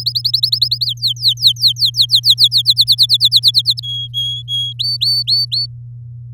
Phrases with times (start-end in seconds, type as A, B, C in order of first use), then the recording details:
0.00-0.85 A, 0.86-2.62 B, 2.65-3.80 C, 3.83-4.73 D, 4.79-5.66 E. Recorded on 8 May 2018 at 14:32. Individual llb16